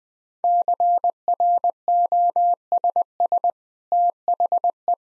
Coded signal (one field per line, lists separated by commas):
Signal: Morse code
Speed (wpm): 21 wpm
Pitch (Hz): 700 Hz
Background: none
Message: CROSS THE